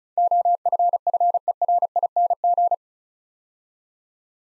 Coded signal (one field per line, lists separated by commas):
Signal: Morse code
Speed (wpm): 36 wpm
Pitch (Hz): 700 Hz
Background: none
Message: OFFERING